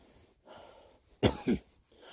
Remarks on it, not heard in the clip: I got a cough from the polar air. Got a nasty little cough. If my voice sounds hoarse, that's from breathing in this air while you're climbing.